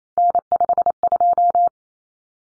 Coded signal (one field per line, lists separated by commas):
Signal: Morse code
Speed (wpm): 28 wpm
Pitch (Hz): 700 Hz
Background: none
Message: N52